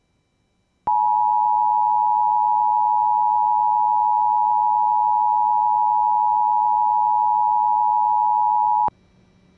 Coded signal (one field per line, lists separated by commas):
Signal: Emergency Alert System (SAME) tones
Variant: 853 and 960 Hz attention tone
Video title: EAS 1087 - South Dakota AMBER Alert